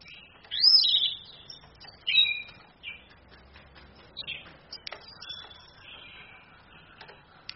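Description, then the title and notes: Orange-headed thrush song: high, varied warbled phrases in two strong bursts near one and two seconds, then softer scattered notes and chips. Female bird; used to train other birds, played from a phone screen. "ANIS KEMBANG BETINA CAS DENGAN LAYAR HP. Masteran Anis Kembang"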